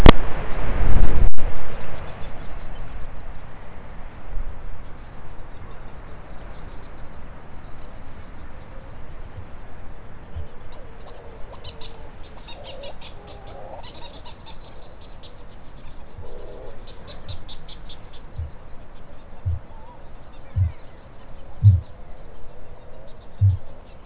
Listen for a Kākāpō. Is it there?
yes